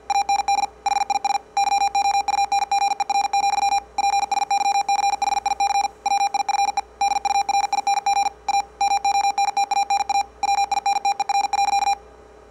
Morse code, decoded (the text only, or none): AND HIS YOUNGER, PSYCHIC WIFE DURING A MONTANA WINTER.